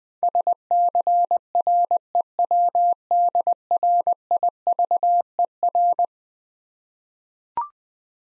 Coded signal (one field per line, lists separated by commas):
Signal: Morse code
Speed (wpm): 20 wpm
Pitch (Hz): 700 Hz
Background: none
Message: SCREWDRIVER